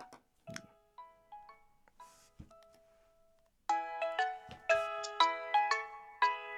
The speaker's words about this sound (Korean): 경쾌한 통화음. 딴따딴.